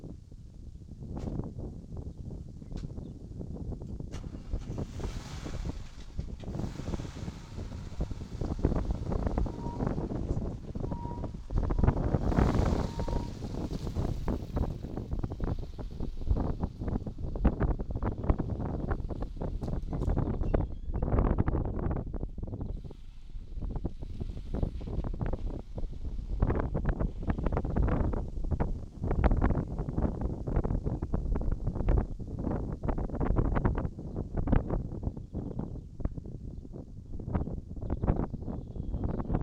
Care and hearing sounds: everyday scene through a hearing-aid microphone; wind on the microphone; wind, vehicle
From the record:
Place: in front of a rural house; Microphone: in the ear canal, right

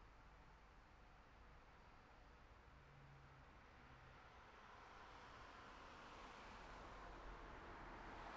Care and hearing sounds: everyday scene through a hearing-aid microphone; in traffic; traffic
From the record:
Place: city secondary road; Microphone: behind the ear, left, rear

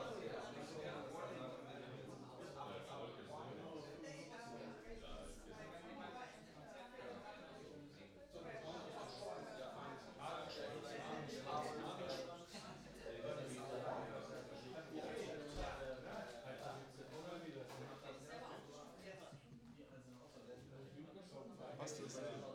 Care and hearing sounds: everyday scene through a hearing-aid microphone; many people talking; many voices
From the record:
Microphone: in the ear canal, right

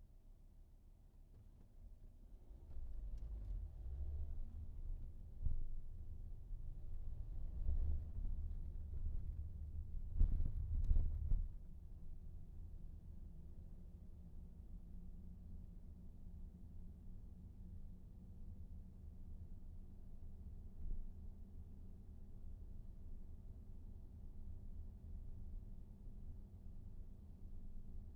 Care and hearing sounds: everyday scene through a hearing-aid microphone; in a vehicle; engine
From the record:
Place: VW T5 Caravelle, diesel engine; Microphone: behind the ear, right, front

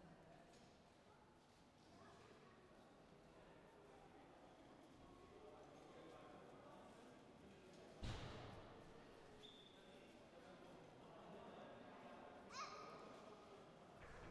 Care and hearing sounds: everyday scene through a hearing-aid microphone; reverberant space; background noise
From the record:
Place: railway station hall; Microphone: behind the ear, right, front

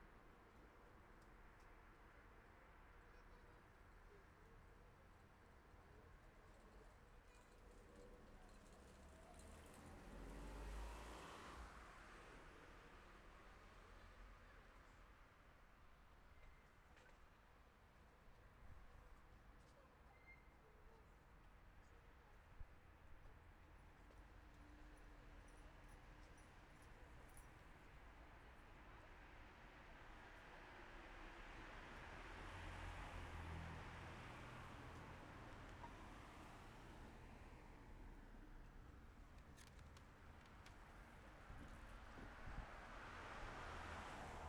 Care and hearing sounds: everyday scene through a hearing-aid microphone; in traffic; traffic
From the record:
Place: city secondary road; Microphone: behind the ear, left, front

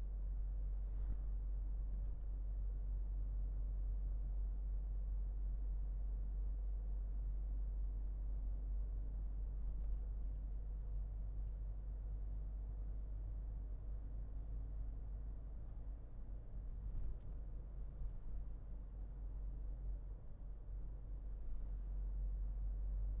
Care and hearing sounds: everyday scene through a hearing-aid microphone; in a vehicle; engine, highway driving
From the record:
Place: Berlingo II, diesel engine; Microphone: behind the ear, left, rear

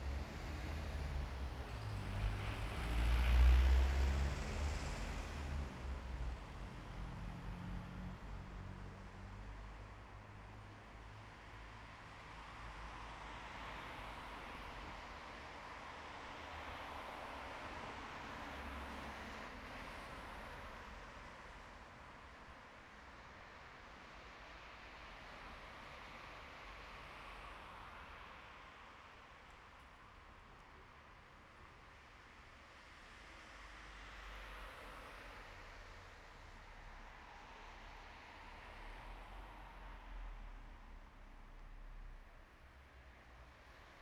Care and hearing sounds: everyday scene through a hearing-aid microphone; in traffic; traffic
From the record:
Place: bus stop on a city main road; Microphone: behind the ear, right, front

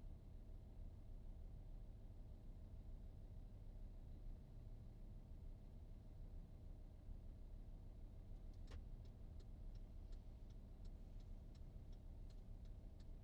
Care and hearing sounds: everyday scene through a hearing-aid microphone; in a vehicle; engine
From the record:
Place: VW T5 Caravelle, diesel engine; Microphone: in the ear canal, right

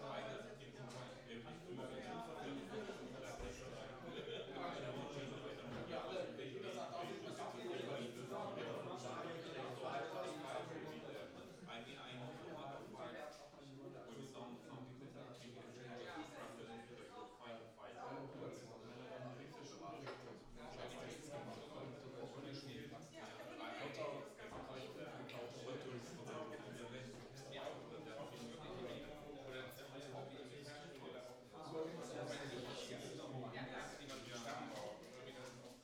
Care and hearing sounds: everyday scene through a hearing-aid microphone; many people talking; many voices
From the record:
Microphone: in the ear canal, right

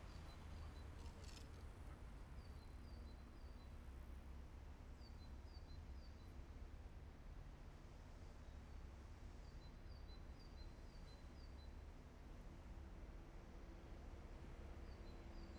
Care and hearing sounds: everyday scene through a hearing-aid microphone; in traffic; traffic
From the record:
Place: main city hub, rush hour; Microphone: behind the ear, left, front

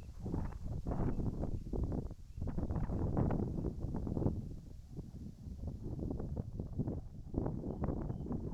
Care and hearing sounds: everyday scene through a hearing-aid microphone; wind on the microphone; wind, whistling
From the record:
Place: in front of a rural house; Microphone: behind the ear, right, front

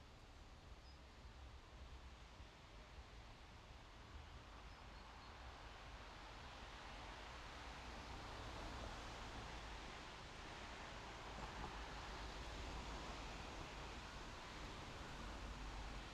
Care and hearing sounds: everyday scene through a hearing-aid microphone; in traffic; traffic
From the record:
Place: main road on the outskirts, rush hour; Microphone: in the ear canal, left

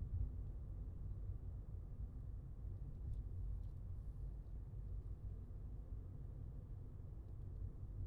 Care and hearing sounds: everyday scene through a hearing-aid microphone; in a vehicle; engine, highway driving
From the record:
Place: Skoda Fabia, gasoline engine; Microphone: in the ear canal, left

